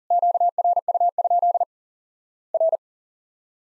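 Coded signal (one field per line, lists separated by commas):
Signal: Morse code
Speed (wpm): 40 wpm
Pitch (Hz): 700 Hz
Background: none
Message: QRU? R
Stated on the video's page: Simulated Worked All Europe DX Contest CW QTC exchange practice at 40 wpm, with repeat requests.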